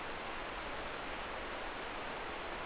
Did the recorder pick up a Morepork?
no